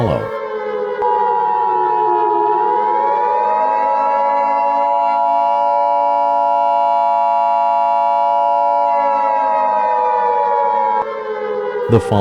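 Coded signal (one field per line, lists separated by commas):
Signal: Emergency Alert System (SAME) tones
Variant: 853 and 960 Hz attention tone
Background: speech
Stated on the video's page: Fictional EAS scenario.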